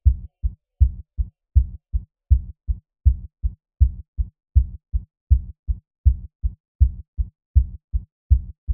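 A regular, normal adult heartbeat with low-pitched paired lub-dub sounds, about 80 beats per minute.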